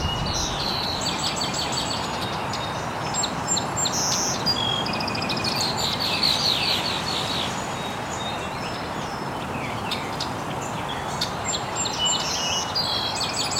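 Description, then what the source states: Birds chirping in a busy chorus, quick high twittering and short repeated notes throughout, set against a constant rushing noise. Birds chirping very early in the morning in an estuary.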